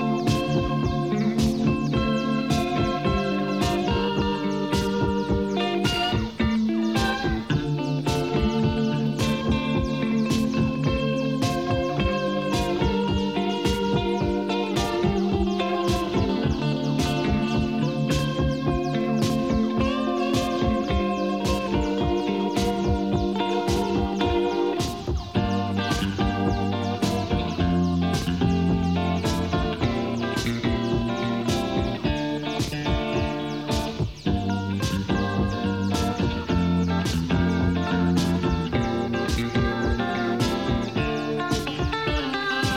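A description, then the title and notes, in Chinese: A summer-night stroll piece of music plays at a steady, full level, with a regular beat ticking along throughout. Sustained chords sit over a bass line that shifts lower around the midpoint, and the harmony changes every few seconds. 夏夜遛弯儿半小时。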